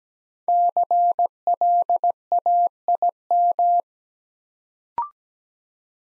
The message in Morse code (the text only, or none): CLAIM